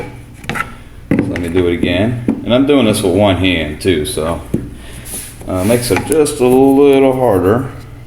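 One-handed, a person presses hard down the centre of a plastic agitator dog assembly to snap it onto the agitator of a Kenmore washer that has stopped agitating. Someone talks throughout over soft rubbing and a few short knocks near 0.5 s and 1.1 s. Nothing has seated or clicked yet.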